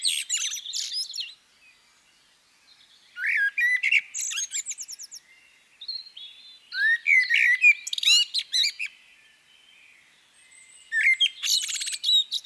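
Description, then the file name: Common blackbird song: rich fluted whistled phrases ending in high squeaky twitters, repeated in bursts separated by pauses of one to two seconds. "CHernyj drozd - Turdus merula - British Library"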